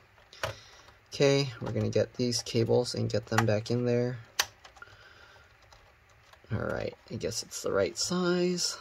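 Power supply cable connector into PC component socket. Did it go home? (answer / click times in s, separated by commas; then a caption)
no / none. A power supply cable connector is handled near its socket on a drive or board inside a Dell Optiplex 755 after a power supply replacement, while someone talks. Short handling clicks and knocks are heard, the sharpest at about 4.4 seconds. Nothing has seated or clicked in yet.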